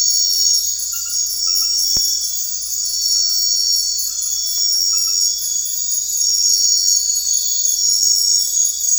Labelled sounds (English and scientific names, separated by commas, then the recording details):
none
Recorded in secondary vegetation near Puerto Asís, Putumayo, Colombia, on 4 March 2025 at 22:30
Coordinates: 0.499, -76.323
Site G094